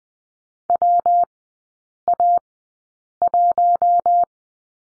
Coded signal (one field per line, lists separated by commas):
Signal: Morse code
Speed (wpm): 20 wpm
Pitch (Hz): 700 Hz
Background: none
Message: WA1